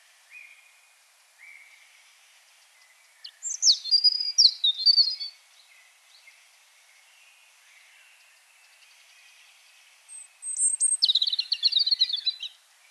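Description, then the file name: European robin song: two high, sweet warbling phrases with thin sliding notes, separated by several seconds of near silence, with faint thin whistles before them. "Erithacus rubecula"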